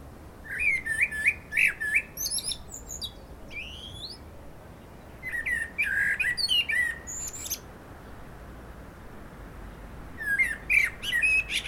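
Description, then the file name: Common blackbird song: three phrases of mellow warbling mixed with high squeaky twitters, separated by quiet pauses. "Turdus merula"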